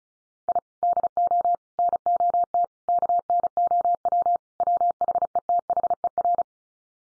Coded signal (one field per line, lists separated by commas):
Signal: Morse code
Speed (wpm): 34 wpm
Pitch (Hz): 700 Hz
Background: none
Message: I DO NOT KNOW WHETHER